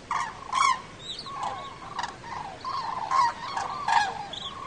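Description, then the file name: Common cranes calling in a flock, repeated rolling trumpet-like calls, overlapping and irregular. Migrating flock calling, in autumn. "sookurg parves"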